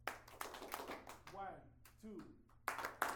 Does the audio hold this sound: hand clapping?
yes